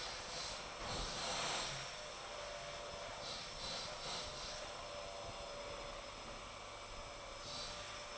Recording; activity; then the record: daily activity, microphone in the room; vacuum cleaning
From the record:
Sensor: 5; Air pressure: 988.8 hPa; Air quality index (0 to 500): 236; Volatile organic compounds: 200 ppm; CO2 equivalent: 4213 ppm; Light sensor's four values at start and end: 40/125/48/51 and 40/125/48/51